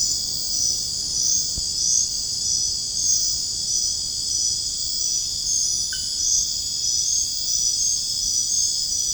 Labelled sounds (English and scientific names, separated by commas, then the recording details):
none
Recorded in dense forest near Puerto Asís, Putumayo, Colombia, on 29 June 2025 at 00:30
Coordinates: 0.481, -76.323
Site G072